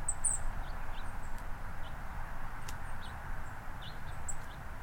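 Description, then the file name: Golden-crowned kinglet calls: scattered very high, thin, short tsee notes, a few run close together, over a steady low rumble of background noise. "Golden crowned Kinglet Regulus satrapa"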